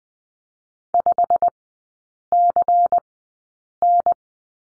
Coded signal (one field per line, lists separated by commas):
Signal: Morse code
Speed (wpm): 20 wpm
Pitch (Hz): 700 Hz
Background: none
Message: 5CN